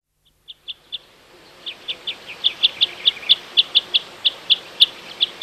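Common crossbill calls: many sharp, clipped 'kip' notes in an irregular run, starting after a brief silence.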